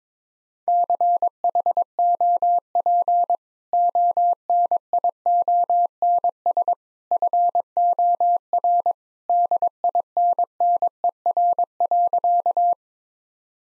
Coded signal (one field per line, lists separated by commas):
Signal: Morse code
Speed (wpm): 21 wpm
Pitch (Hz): 700 Hz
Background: none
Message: CHOP ONIONS FOR DINNER.